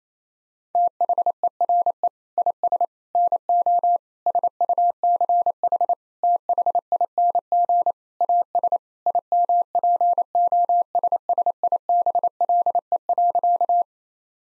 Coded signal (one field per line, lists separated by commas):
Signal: Morse code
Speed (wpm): 28 wpm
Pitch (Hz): 700 Hz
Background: none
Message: THERE IS NO SUCH THING AS IMPOSSIBLE.